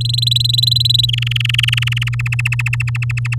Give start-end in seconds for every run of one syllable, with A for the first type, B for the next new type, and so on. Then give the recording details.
0.01-1.06 A, 1.09-2.09 B, 2.13-3.35 C. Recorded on 10 May 2018 at 15:31. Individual llb16